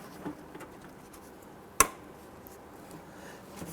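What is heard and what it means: A wiring harness connector, the third of three, is pushed up and into its socket on the windshield washer reservoir of a 2007-2014 Cadillac Escalade. It seats with one sharp, bright click at 1.8 s above a quiet background with faint handling noises. The connector is pushed home and all three electrical connectors are installed.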